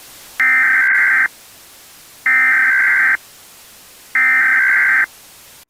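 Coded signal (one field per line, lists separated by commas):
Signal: Emergency Alert System (SAME) tones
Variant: header bursts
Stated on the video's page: Fictional scenario made for entertainment; alerts are made up.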